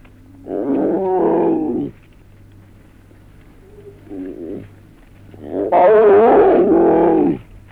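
Lion growling: a rough, rasping growl, a short soft rumble, then a louder snarling growl with wavering pitch, over a low hum.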